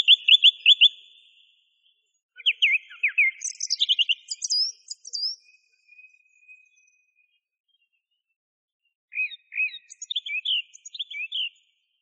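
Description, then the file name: Song thrush song with varied phrases: quick repeated notes, then high squeaky flourishes, a thin sustained tone, and later a set of chirpy repeated notes. Masteran recording, a tutor track used for training songbirds. "suara masteran songthrush"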